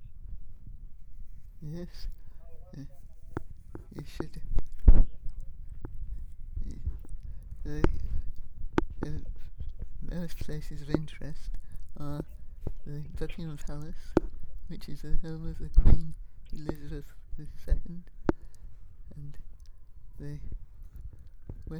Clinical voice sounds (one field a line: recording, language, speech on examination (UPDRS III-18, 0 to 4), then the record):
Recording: conversation on a phone call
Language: English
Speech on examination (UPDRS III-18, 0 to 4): 2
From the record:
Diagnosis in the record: Parkinson's disease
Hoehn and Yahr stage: 3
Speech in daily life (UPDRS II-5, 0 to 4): 2